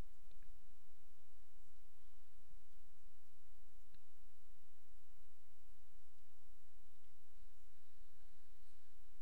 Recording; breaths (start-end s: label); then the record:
nose breathing near a microphone
6.95-9.22 s: inhalation
From the record:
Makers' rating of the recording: medium